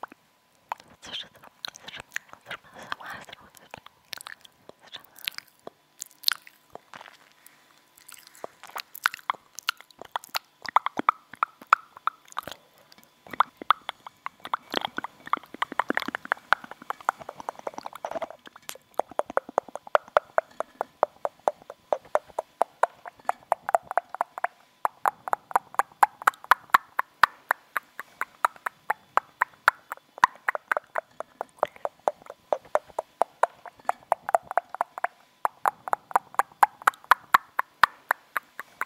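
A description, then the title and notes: Wet mouth sounds from chewing gum, with dense sticky clicks and smacks packed together throughout. Soft breathy whispering sits underneath, unclear and low in level. The clicks grow louder and more rapid in the second half. Mouth Sounds. Chewing Gum. Rode Mic.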